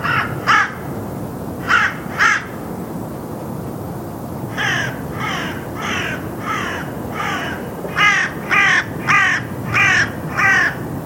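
Bird cawing harshly, first in paired calls, then in a longer run of rasping caws repeated roughly twice a second.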